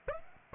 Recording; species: mosquito wingbeat signal from an infrared sensor; Aedes aegypti